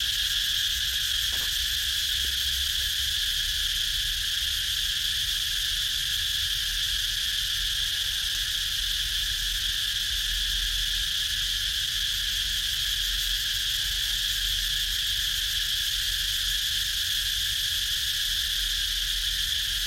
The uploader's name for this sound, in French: Insectes - Ha Giang - 21h